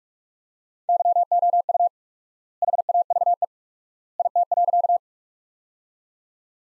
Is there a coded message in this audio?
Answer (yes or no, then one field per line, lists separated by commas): yes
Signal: Morse code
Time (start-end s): 0.9-5.0 s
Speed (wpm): 46 wpm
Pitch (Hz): 700 Hz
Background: none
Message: YOU HAVE IT.